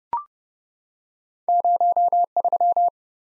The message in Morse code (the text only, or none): 03